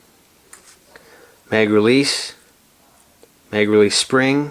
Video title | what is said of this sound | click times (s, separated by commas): 1911 Detail Strip | you're going to turn it you're going to push in and turn it clockwise then it pops out | 0.5 s, 1.0 s